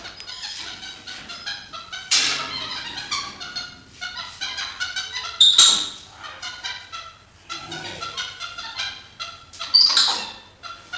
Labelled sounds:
Tufted Capuchin (Cebus apella) call
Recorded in captivity
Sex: group
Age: adult
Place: Zoo Rostock, Mecklenburg-Vorpommern, DE
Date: 1984-02-03 13:00
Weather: overcast, intermittent rain, 3-5°C
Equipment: Nagra SN, Kopie Uher 4000 Report Monitor
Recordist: Tembrock, Günter

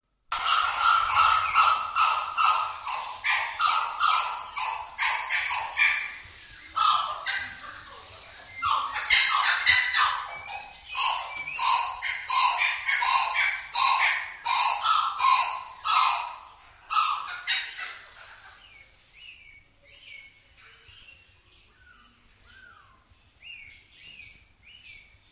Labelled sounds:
Blue-winged Kookaburra (Dacelo leachii) call
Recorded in captivity
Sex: pair
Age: adult
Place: Zoo Berlin, Berlin, DE
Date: 2003-01-17 16:27
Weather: heiter, 5°C
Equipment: Nagra SN, Kopie Uher 4000 Report Monitor
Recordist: Tembrock, Günter

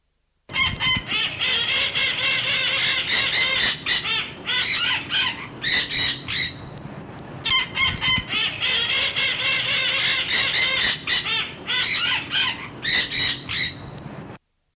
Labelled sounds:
Scarlet-fronted Parakeet (Aratinga wagleri) call, Red-masked Parakeet (Aratinga erythrogenys)
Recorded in captivity
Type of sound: call
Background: Aratinga erythrogenys
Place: Zoo Gelsenkirchen, Nordrhein-Westfalen, DE
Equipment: Halbspur, 9,5 cm/s
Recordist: Lütgens, Hans
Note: Hellere Stimmen

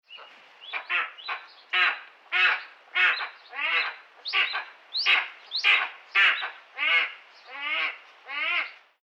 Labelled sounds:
Steppe Eagle (Aquila nipalensis)
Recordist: Tembrock, Günter
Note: Rufreihe

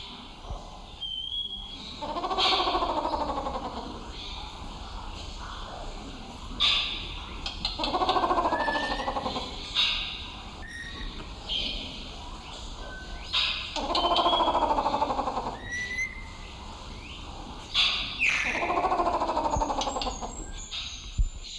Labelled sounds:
Grey Peacock-Pheasant (Polyplectron bicalcaratum)
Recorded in captivity
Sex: male
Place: Zoo Berlin, Berlin, DE
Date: 1996-01-06 14:53
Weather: bedeckt, -4°C
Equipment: Sony WM-D6C, Sennheiser ME 80, Kopie Uher 4000 Report Monitor
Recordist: Tembrock, Günter

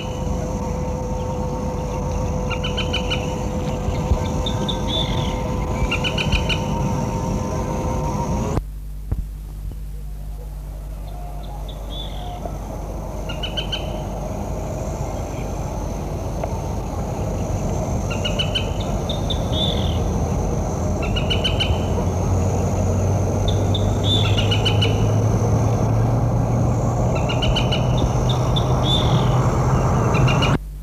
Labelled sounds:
Common Moorhen (Gallinula chloropus) call
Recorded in the wild
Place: Primorsko, Burgas, BG
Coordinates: 42.2667, 27.75
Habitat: lake
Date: 1967-06-10
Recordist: Stiefel, Arnd

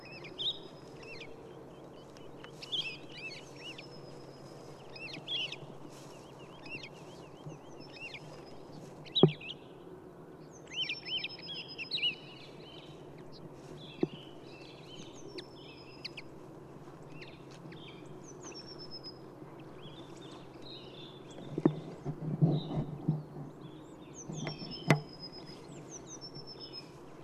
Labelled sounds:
Wood Lark (Lullula arborea)
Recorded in the wild
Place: Schönow, Naturpark Barnim, Brandenburg, DE
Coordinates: 52.6842, 13.5283
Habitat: heath
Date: 2005-04-01
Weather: clear, -3°C, weak wind from SE
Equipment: Tascam DA-P1, Telinga Pro 5
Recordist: Frommolt, Karl-Heinz

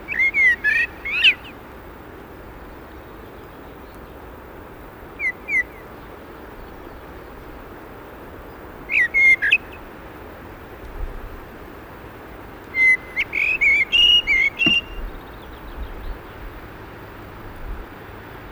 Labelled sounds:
Common Blackbird (Turdus merula) song
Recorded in the wild
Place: Eibenstock, Sachsen, DE
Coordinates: 50.495, 12.6
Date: 1975-04-19
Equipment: Nagra III BH, Sennheiser MD 21, parabola
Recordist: Schubert, Michael
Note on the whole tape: Gesang Amsel (z. T. elektrostatisches Knistern!)

